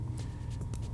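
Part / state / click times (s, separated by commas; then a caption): turn signal connector into running light module housing / seated / 0.8 s. A TST Mech-GTR LED front turn signal connector for a 2024+ Yamaha MT-09 is pushed into the running light module housing until its tab interlocks with the housing's tab. A short transient comes at 0.2 s, and a small click at 0.8 s marks the security tab engaging, so the connector is confirmed seated. A steady low hum runs underneath.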